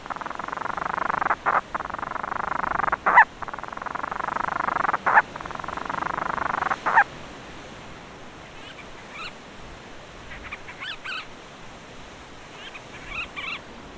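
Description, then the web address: Monteiro's storm petrel purring with short breaks for about seven seconds, then quieter scratchy chattering notes follow. Vocalizations. "fauna aves aves-marinhas painho-monteiro Vocalizacoes"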